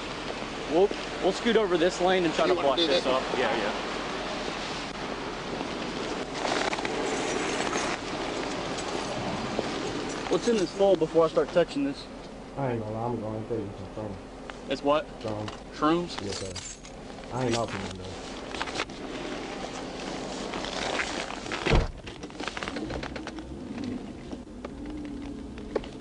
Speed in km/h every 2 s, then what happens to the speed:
0, 0, 0, 0, 0, 0, 0, 0, 0, 0, 0, 0, 0.
0-26 standing.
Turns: none.